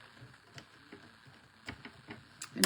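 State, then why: Seated. A lemon yellow watercolor half-pan is pressed into its slot in a palette tin, with faint ticking and tapping sounds through the clip. A sharp, loud click at 2.6 s marks the half-pan snapping into place, seated.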